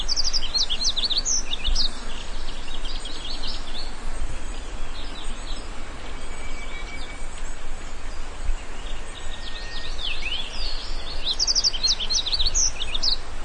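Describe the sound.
Yellow-throated bunting with sharp, high chirping phrases at the start and again near the end, separated by a long gap, over low background rumble.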